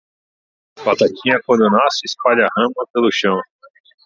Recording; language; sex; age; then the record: short text; Brazilian Portuguese; male; 30 to 39 years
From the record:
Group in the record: control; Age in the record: 39 years